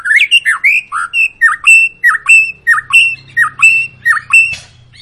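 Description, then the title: White-rumped shama song, a loud phrase of a dipping note and a bright whistle repeated many times, ending in a harsh burst. Long lure recording (pancingan) of a persistently singing (gacor) white-rumped shama, used to prompt other birds to sing. "Pancingan Murai Batu Gacor Panjang"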